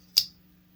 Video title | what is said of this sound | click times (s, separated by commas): MAM knives - Another bargain from Europe. A steel for the price | Now, when I open it, it does open nice and solid. You'll hear the click. | 0.2 s